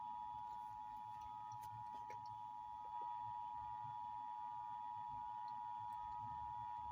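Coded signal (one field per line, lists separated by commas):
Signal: Emergency Alert System (SAME) tones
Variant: 853 and 960 Hz attention tone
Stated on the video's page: Weekly test plus Nevada Required Monthly Test, received on three stations.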